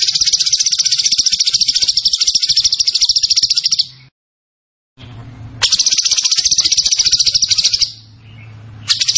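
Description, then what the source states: Zebra Finch song, a dense high buzzy trill held for about four seconds, a short silence, then the rapid chattering trill resumes. Master recording for training cage birds, from a very vocal (gacor) Zebra Finch.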